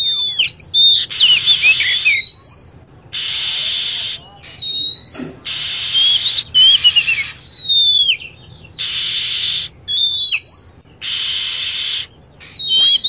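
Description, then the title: Lovebird calls: repeated high whistled notes that bend downward, coming between blocks of loud hissing noise. Lure sound used to attract lovebirds. "PIKAT BURUNG LOVEBIRD"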